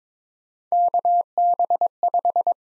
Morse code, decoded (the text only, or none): KB5